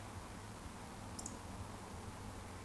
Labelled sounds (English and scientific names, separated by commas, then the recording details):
Eurasian Woodcock (Scolopax rusticola) whistle
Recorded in Baden-Württemberg, Germany, on 13 June 2020 at 20:35 UTC
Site 14569, 102 m above sea level